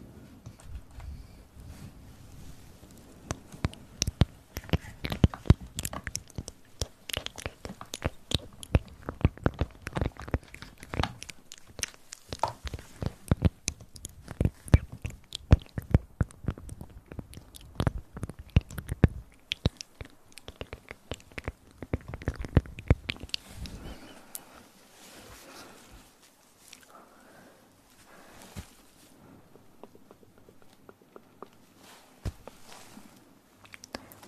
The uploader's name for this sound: Sensitivity Spine Tingling Mouth Sounds